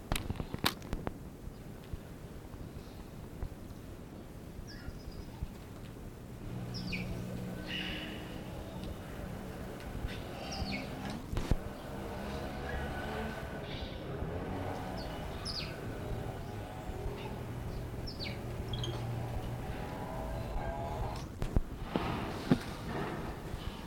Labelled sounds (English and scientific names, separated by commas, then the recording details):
Common Squirrel Monkey (Saimiri sciureus)
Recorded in captivity
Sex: group
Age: adult
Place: Zoo Prag, CZ
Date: 1967-09-06 17:00
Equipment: Uher 4200 Report-S, Transistorverstärker II, Sennheiser MD 421
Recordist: Tembrock, Günter